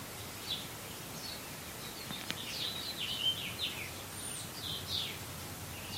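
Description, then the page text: House finch giving a scattered series of short, faint chirping calls, some with slurred downward notes, over a steady background hiss. Recorded in Maryland. "House Finch by Ashley Rodeheaver"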